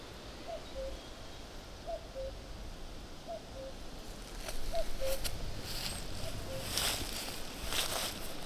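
Common cuckoo giving several falling two-note calls at a steady pace, then rustling noises build up and cover the background.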